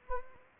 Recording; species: mosquito wingbeat signal from an infrared sensor; Anopheles arabiensis